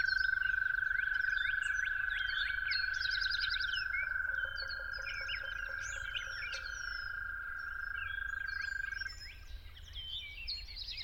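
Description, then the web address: Toad giving a long, steady, even trill on one pitch, with lower pulsed notes midway and many songbirds chirping and whistling above. Toads calling at dawn. "musicofnature Toads at Dawn"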